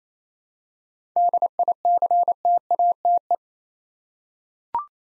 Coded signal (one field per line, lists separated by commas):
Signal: Morse code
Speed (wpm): 29 wpm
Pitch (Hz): 700 Hz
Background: none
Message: DICTATE